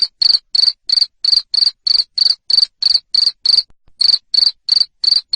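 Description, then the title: Cricket calling with rapid, regular high chirps, a brief silence late on, then chirping again. Loud cricket chirping, played to stimulate lovebirds to sing continuously. "Suara JANGKRIK NGERIK Keras Bikin LOVEBIRD Jadi NGEKEK Terus Vubey"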